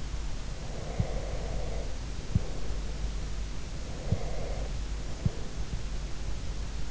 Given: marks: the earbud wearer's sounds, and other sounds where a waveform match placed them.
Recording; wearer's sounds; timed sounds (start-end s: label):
sounds in sleep by an in-ear microphone; breath
0.72-3.15 s: breath
3.97-5.91 s: breath